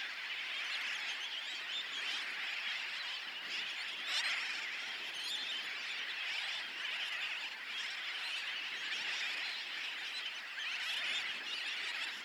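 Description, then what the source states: A mass of birds squeals and chatters without a break, forming a thick, even high-pitched roar for the whole stretch. Recorded at Bush Key, Dry Tortugas.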